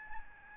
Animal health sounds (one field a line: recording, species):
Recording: mosquito wingbeat signal from an infrared sensor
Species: Aedes albopictus